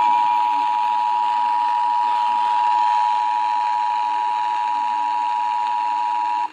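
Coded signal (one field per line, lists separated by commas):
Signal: Emergency Alert System (SAME) tones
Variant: 853 and 960 Hz attention tone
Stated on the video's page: Texas Required Monthly Test relayed on AM, FM and TV broadcast stations in Fort Worth, including 820 kHz AM.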